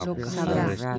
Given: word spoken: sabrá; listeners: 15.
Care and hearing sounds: one Spanish word in noise, from a listening test; four-talker babble; -2.8 dB; 1 of 15; 9 of 15; 0.58 s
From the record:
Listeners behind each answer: 9, 1, 1, 1, 1, 1, 1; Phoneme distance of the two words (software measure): 37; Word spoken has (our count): 2 syllables, 5 phonemes, stress on syllable 2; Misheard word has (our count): 2 syllables, 4 phonemes, stress on syllable 1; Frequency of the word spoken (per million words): 8.39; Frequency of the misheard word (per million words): 3.16

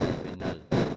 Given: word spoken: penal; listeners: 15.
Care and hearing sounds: one Spanish word in noise, from a listening test; noise modulated by one talker; -9.4 dB; 3 of 15; 9 of 15; 0.57 s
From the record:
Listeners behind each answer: 9, 3, 1, 1, 1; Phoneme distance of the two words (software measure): 20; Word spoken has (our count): 2 syllables, 5 phonemes, stress on syllable 2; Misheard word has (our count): 2 syllables, 5 phonemes, stress on syllable 2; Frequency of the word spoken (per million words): 48.34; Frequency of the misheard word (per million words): 294.44

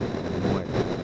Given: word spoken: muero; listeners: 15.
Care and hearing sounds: one Spanish word in noise, from a listening test; noise modulated by three-talker babble; -6.5 dB; 3 of 15; 6 of 15; 0.64 s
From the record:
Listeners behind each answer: 6, 3, 1, 1, 1, 1, 1, 1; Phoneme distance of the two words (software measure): 10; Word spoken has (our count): 2 syllables, 5 phonemes, stress on syllable 1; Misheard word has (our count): 2 syllables, 5 phonemes, stress on syllable 1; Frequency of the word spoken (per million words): 4.34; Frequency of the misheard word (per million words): 23.17

